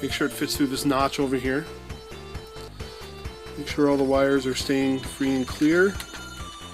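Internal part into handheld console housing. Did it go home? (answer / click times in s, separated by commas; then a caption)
no / none. Someone talks over background music while handling an internal part inside a handheld console housing, with the speaker cable routed through a notch and the wires kept clear. Two brief handling sounds come at about 1.9 s and 2.8 s. Nothing has seated or clicked yet.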